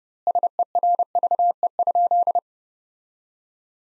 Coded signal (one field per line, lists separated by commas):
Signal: Morse code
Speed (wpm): 30 wpm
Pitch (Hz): 700 Hz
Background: none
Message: SERVE?